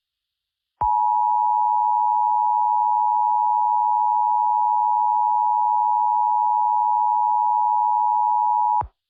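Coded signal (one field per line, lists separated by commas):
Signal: Emergency Alert System (SAME) tones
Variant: 853 and 960 Hz attention tone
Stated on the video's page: Fictional EAS scenario.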